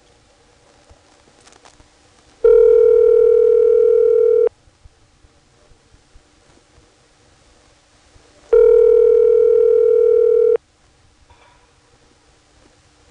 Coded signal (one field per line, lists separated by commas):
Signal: telephone call progress tone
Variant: North America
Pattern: ringback tone